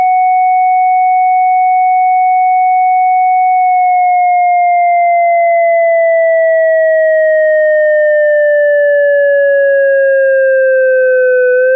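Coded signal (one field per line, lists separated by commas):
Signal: siren signal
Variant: ASC electronic siren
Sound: clean synthesized siren tone held steady, then slowly sliding lower with slight warble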